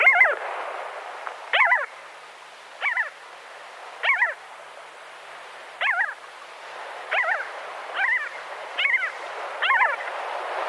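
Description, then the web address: Arctic skua giving short nasal, wavering calls, each rising and falling, repeated every one to two seconds against a steady background hiss. Calls given at the nest. "Schulze Peter Arctic Skua"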